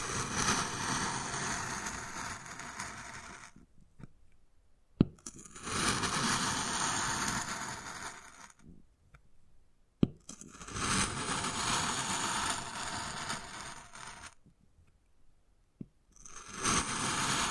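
Wood carving with long bouts of dense, gritty scratching and scraping that run for a few seconds each, broken by short pauses. Sharp single taps land at about 5, 10 and 16 seconds, each right as a scraping stretch stops or starts.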